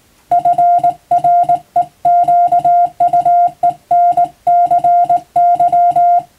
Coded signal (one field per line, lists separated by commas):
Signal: Morse code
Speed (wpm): 20 wpm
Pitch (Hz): 700 Hz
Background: music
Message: FREQUENCY